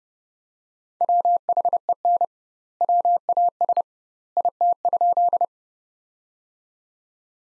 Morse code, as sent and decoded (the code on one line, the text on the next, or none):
.-- .... . -. / .-- .- ... / .. - ..--..
WHEN WAS IT?